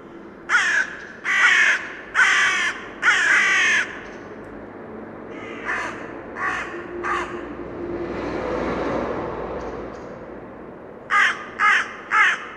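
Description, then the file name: Carrion crow cawing, a run of four harsh caws, then three shorter ones, a pause with a soft rushing sound, and a closing set of three quick caws. "Corvus corone"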